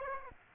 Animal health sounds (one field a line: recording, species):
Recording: mosquito wingbeat signal from an infrared sensor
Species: Aedes aegypti